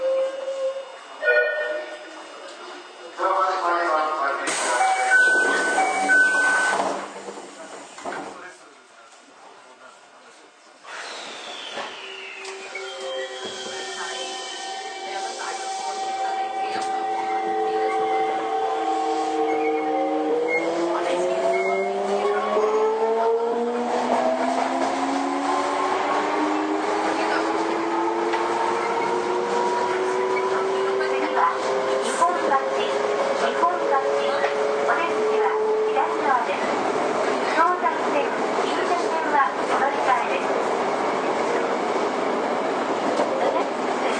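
A Toei 5300 series train between Oshiage and Gotanda. It opens with a voice and a short electronic chime, then a brief lull. From about eleven seconds the motors whine, rising steadily in pitch until roughly thirty-six seconds, over a constant rolling rumble.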